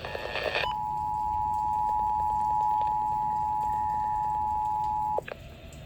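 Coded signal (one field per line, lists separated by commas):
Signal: Emergency Alert System (SAME) tones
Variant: 853 and 960 Hz attention tone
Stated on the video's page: Flash Flood Warning on NOAA Weather Radio and FM radio.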